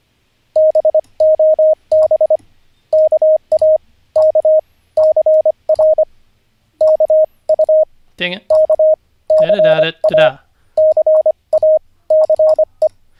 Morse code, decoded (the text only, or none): BOB KA K CR KU K CA CA CE